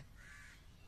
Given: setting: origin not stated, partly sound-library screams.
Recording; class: one-second piece from a danger detection set; normal situation